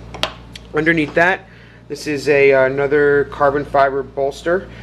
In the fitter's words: and because they're titanium they're pretty silent you know you just hear that click at the end which i really like and